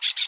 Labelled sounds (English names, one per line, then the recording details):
Brown-throated Parakeet contact call
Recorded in Aruba
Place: hill w/tanki N of Savaneta
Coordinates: 12.461, -69.944